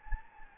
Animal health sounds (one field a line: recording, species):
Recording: mosquito wingbeat signal from an infrared sensor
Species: Anopheles gambiae